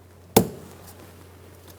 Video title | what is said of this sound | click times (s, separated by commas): How to Replace Front ABS Wheel Speed Sensors 2014-2018 Chevrolet Silverado 1500 | if you don't hear a click give it a pull make sure it's locked in close that red locking tab | 0.4 s